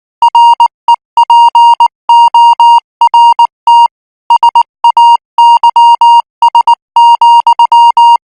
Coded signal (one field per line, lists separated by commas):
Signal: Morse code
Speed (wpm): 19 wpm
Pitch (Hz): 940 Hz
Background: music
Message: REPORT SAYS,